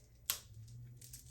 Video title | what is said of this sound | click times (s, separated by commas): Loc Bang Tutorial | figure out where you want the placement to be and then you'll just push down and snap into place | 0.3 s